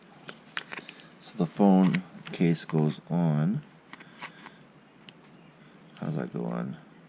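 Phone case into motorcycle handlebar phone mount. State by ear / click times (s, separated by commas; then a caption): not seated / none. A phone in its mounting case is handled against a Rokform handlebar phone mount on a 2018 Indian Scout Bobber motorcycle; the case twists on, locks into place, and is also held by a magnet. Someone talks while faint, sharp ticks and taps sound at about 0.3, 0.6, 0.9, 3.9 and 5.1 seconds. Nothing has seated or clicked into the mount yet.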